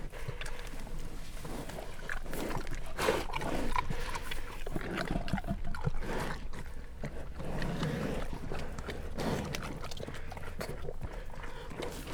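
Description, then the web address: Brown bear chewing noisily, with thick smacking and munching sounds. Captive brown bears eating at a zoo in Jászberény, 2016; microphone placed in front of the bears' noses. "jaszberenyizoo 2016 professzionalis barnamedve"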